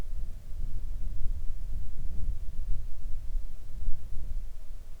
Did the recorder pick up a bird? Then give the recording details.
no. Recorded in the Arctic National Wildlife Refuge, Alaska, on 3 August 2019 at 10:29. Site 41